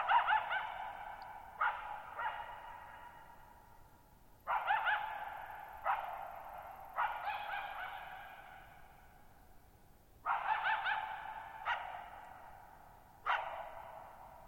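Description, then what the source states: Coyote barking and yipping in irregular bursts, sharp quavering yelps followed by single barks, each call ringing out in a long fading echo, pauses of a few seconds between bursts. Lone coyote at night, July 14, 2019, Thirtymile Meadows, Okanogan National Forest (Okanogan High Country), Pacific Northwest, 6400 ft; high, mostly dry plateau among tall mountains; shallow bowl-shaped meadows over boggy ground.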